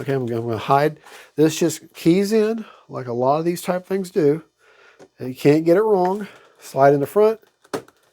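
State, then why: Seated. Someone talks while sliding the front of a keyed plastic or foam part of an E-flite Airbus A320 neo RC airplane into its fuselage and pressing it in. A short, sharp pop at 7.7 s marks the part seating into place.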